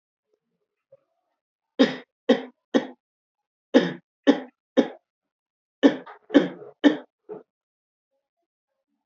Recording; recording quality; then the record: heavy voluntary cough; poor, much background noise or distortion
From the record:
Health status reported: healthy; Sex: male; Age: 28 years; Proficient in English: yes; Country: India